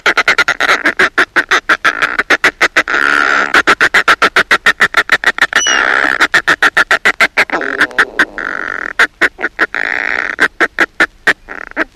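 Northern fulmar calls, a rapid stream of harsh, cackling notes repeated several times a second, merging at times into longer grating bursts.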